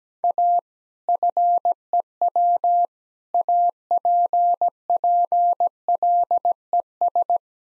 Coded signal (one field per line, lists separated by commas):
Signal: Morse code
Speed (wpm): 17 wpm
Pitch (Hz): 700 Hz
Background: none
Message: A FEW APPLES